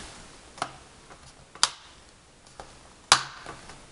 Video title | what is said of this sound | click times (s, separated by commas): RAM Memory Installation/Upgrade (Dell) - Bottom Slot | Get this snapped back in place good, push it. | 1.6 s, 3.1 s